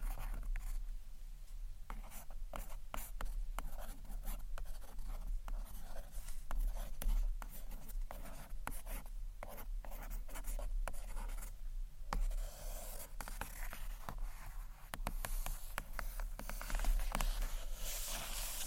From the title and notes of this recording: ASMR Gentle SCRATCHY TAPPING on BOOKS （No Talking）.